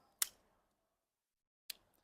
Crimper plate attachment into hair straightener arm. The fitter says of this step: ஒரு lock வச்சிட்டீங்கன்னா lock ஆயிடும்